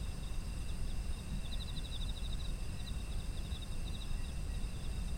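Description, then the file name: Insects chirping: a burst of quick pulses early on, then scattered softer chirps, above a continuous shrill drone and low rumble. Autumn insect ambience. "秋の虫の環境音"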